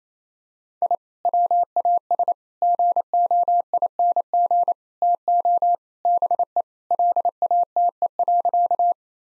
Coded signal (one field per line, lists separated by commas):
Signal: Morse code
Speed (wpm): 28 wpm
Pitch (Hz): 700 Hz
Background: none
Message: I WAS GOING TO BE LATE.